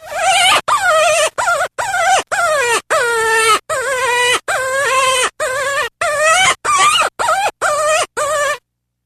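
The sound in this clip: Cottontail rabbit calls: a rapid series of about fourteen short, harmonic, whining squeals, some bending in pitch, given almost without pause.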